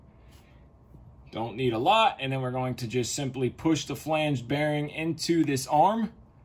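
A small flanged ball bearing with a bead of retaining compound is being handled for pushing by hand into the radius arm of an RC helicopter, a SAB Goblin RAW KSE 700. Someone talks throughout, with faint background noise at the start. Nothing has seated or clicked yet; the clip ends before the bearing goes home.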